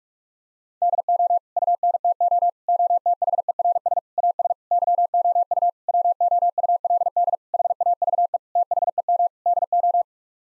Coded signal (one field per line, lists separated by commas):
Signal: Morse code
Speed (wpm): 46 wpm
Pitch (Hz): 700 Hz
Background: none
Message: DO UNTO OTHERS AS YOU WOULD HAVE THEM DO